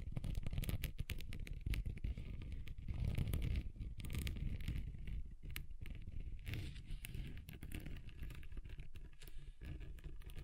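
Scratching across a table surface, a dense, continuous rasp with rapid bright clicks and a low rumble, shifting in texture throughout.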